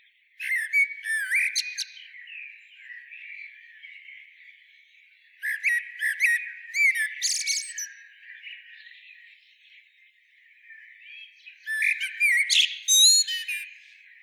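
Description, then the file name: Eurasian blackbird singing, mellow fluting whistled phrases followed by high squeaky twitters, three phrases several seconds apart, with quieter warbling between them. "Turdus merula"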